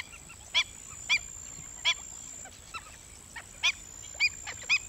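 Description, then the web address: Stilt giving sharp, nasal yelping notes, single or doubled, spaced roughly half a second to a second apart, over a steady high-pitched whine running throughout. "bird-songs Stilt"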